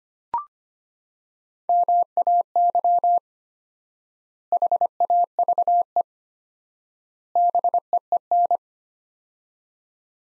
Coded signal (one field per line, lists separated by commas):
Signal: Morse code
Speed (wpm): 25 wpm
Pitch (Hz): 700 Hz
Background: none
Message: MAY HAVE BEEN